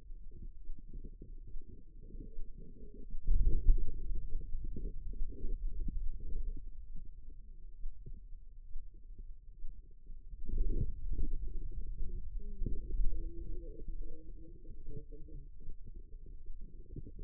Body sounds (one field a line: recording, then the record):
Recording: forearm muscle sounds (acoustic myography)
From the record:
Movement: hand opening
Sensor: system 2, bracelet of six BSWA MPA416 microphones around the upper forearm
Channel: 4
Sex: female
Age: 25 years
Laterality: right